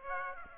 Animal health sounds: mosquito wingbeat signal from an infrared sensor; Aedes aegypti

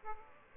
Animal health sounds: mosquito wingbeat signal from an infrared sensor; Aedes aegypti

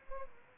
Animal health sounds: mosquito wingbeat signal from an infrared sensor; Aedes albopictus

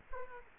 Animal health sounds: mosquito wingbeat signal from an infrared sensor; Culex quinquefasciatus

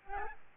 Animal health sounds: mosquito wingbeat signal from an infrared sensor; Aedes albopictus

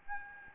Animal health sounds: mosquito wingbeat signal from an infrared sensor; Aedes albopictus

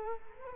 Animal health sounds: mosquito wingbeat signal from an infrared sensor; Culex quinquefasciatus

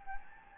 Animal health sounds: mosquito wingbeat signal from an infrared sensor; Anopheles gambiae

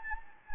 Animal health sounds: mosquito wingbeat signal from an infrared sensor; Anopheles gambiae

